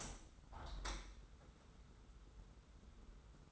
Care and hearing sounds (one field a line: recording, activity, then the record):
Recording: daily activity, microphone in the room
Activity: open window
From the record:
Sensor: 3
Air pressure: 991.2 hPa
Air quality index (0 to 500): 123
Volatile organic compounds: 115 ppm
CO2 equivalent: 3848 ppm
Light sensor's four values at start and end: 48/133/54/47 and 50/136/56/49